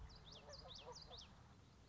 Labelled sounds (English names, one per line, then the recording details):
Common Yellowthroat
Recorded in Sonoma County, California